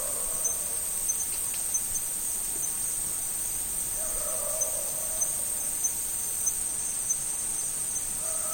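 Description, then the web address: Insects giving a dense, continuous high-pitched shrill, with faint lower notes in the background. Tropical forest insects. "Tom Hutchings Insects Tropical"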